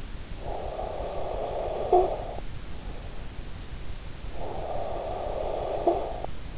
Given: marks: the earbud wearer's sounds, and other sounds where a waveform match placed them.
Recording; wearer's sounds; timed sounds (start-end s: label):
sounds in sleep by an in-ear microphone; snoring breath
0.31-2.69 s: snoring breath
3.95-6.58 s: snoring breath